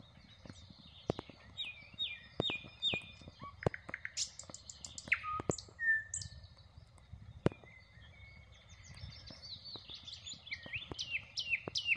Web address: rossignol ordinaire chant du rossignol